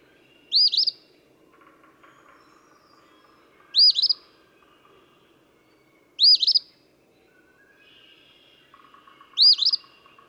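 Eastern phoebe delivering scratchy two-part song phrases about every three seconds; soft buzzing and a brief rattling call from another bird in the background.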